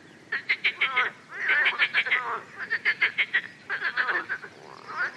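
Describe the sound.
Frog croaks in fast trains of rasping pulses, in quick succession.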